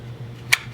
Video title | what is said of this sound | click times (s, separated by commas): 3 Useful Mods on the Rear of my 2018 Ford F-150 | 1/4 turn to the right, it locks in. | 0.5 s